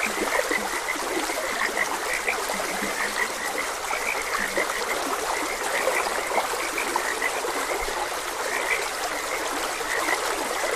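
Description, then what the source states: Frogs calling together, high clicky croaks plus a few lower drawn-out croaks early on, all under continuous flowing water. Frogs croaking beside a gentle stream.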